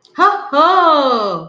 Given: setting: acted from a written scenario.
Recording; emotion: vocal sound without words; negative surprise